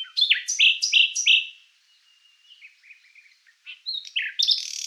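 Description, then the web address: Common nightingale song: four loud repeated whistled notes, then soft twittering notes and a harsh burst at the end. "Ruiseñor común"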